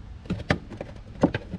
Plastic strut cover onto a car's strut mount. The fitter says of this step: so there you can see it kind of popped into place